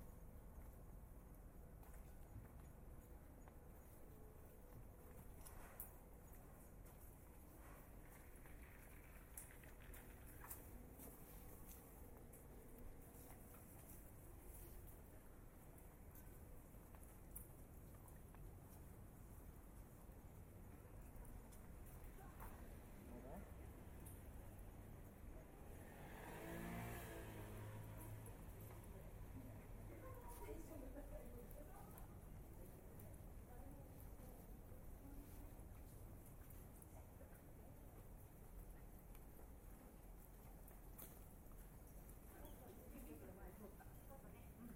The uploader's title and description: WALKING IN THE RAIN TOKYO JAPAN. Walking in the streets of Tokyo, Japan